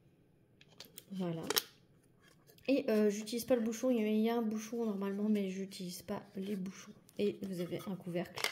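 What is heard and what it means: A snap-on plastic lid is handled over a diamond-painting sorting tray with a built-in bin while someone talks, with a few faint sharp ticks early on. Nothing has seated or clicked yet.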